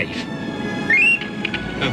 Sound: beeping and whistling